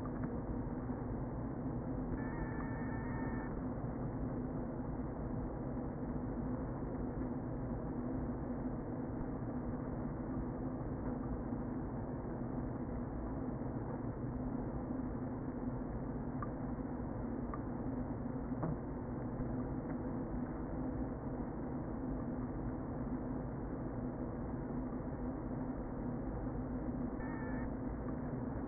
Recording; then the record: honeybee colony, microphone inside the hive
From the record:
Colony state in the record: queen present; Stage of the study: before two queens were removed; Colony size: about 60,000 bees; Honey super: yes